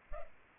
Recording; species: mosquito wingbeat signal from an infrared sensor; Culex pipiens